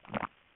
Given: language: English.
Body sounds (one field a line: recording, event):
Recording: throat vibration sensor signal played as sound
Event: swallow